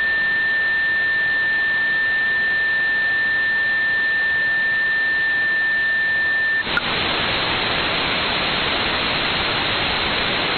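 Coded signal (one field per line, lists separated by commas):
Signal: JT65, JT9 or WSPR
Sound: quiet hiss with one steady pure tone, then a sudden loud burst of static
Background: radio static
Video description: Currently VK4ADC's transmissions consist of one WSPR cycle, an odd and even FT8 ID and a CW ID sequentially. My receiver was slightly off frequency during this recording so I was unable to decode the WSPR.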